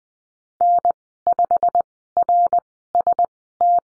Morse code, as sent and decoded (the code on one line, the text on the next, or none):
-. ..... .-. ... -
N5RST